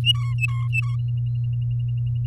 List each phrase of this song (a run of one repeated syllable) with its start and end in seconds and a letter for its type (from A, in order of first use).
0.04-0.96 A